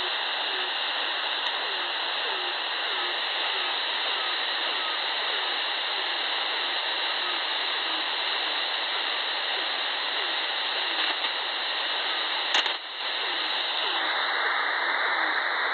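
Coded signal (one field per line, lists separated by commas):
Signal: channel marker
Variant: The Air Horn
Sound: continuous harsh rushing buzz-like hiss, unchanging throughout, with brief crackle near the end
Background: radio static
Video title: Rus batı ordusu The Air Horn (3510 kHz)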